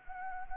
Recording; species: mosquito wingbeat signal from an infrared sensor; Anopheles arabiensis